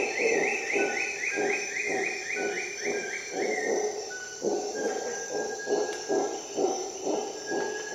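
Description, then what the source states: Howler monkey gives repeated deep roaring pulses beneath a fast series of rising bird whistles and level whistled notes, with a continuous insect drone. Howler monkey calling at dawn in the Costa Rica jungle, during an expedition.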